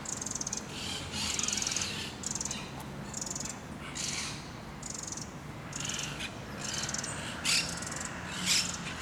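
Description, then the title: Parakeets calling in repeated harsh screeches, uneven in loudness, with faint low background noise. Parc de Forest, Saint-Gilles, Belgium; recorded with Sony PCM-D100 internal microphones in wide position. "Parc de Forest, 1060 Saint-Gilles, Belgique - Parakeets - Perruches"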